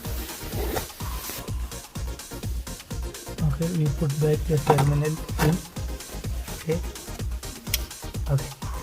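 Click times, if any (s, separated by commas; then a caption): 7.7 s. A wiring harness terminal connector is pushed back into the alternator's plastic socket while someone talks over background music. A sharp click at 7.7 seconds marks the connector latching and seating in place.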